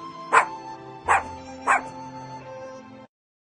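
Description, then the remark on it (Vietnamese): A puppy gives three short, high yips, the first two about a second apart and the third quickly after, over a faint steady tonal hum with no talking. “Ôi, cún con của bác dễ thương quá.”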